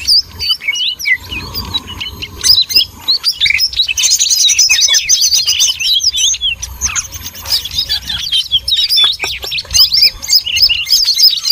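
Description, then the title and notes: Birds calling in a crowded twittering chorus, with a high fast trill from about four to six seconds over the squeaky chatter. Noisy bird chatter, used as a lure to attract birds. "Master Burung Ribut Durasi Panjang. Burung Ribut Pikat"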